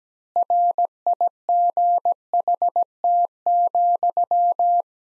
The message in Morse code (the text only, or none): RIGHT,